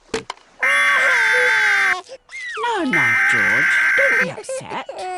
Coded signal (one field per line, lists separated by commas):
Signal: Emergency Alert System (SAME) tones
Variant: header bursts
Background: speech